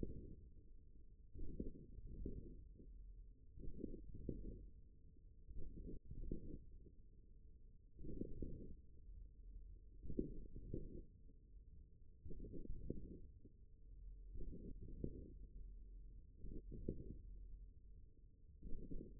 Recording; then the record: forearm muscle sounds (acoustic myography)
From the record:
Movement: hand closing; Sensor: system 1, eight BSWA MPA416 microphones around the upper forearm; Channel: 3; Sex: male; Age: 41 years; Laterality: right